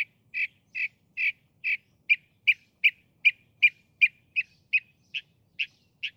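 Northern mockingbird singing a run of harsh, squawky notes that shift partway into clearer, sharper notes, each repeated at an even pace of roughly two or three per second.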